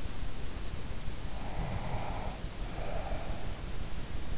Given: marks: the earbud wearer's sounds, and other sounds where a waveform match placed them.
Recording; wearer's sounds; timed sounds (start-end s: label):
sounds in sleep by an in-ear microphone; breath
1.41-3.60 s: breath